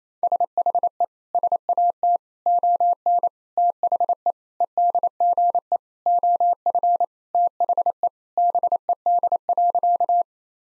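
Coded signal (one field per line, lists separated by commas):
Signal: Morse code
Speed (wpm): 27 wpm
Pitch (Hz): 700 Hz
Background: none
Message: SHE SAT ON THE EDGE OF THE BED.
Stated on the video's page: Morse practice sentences of common four-word phrases at 28 wpm for head-copy training, each sent, then spoken, then sent again.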